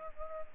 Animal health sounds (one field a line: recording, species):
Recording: mosquito wingbeat signal from an infrared sensor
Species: Culex pipiens